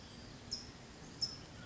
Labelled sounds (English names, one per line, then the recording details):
California Towhee
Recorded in Sonoma County, California